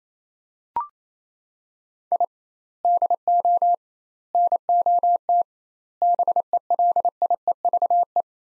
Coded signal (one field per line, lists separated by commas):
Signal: Morse code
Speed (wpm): 28 wpm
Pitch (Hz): 700 Hz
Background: none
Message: I DO NOT BELIEVE